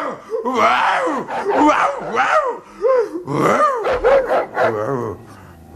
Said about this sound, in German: der Tyras, ein Wolfshund aus dem Vorderhaus, sich veranlasst fühlte, auch wieder zu bellen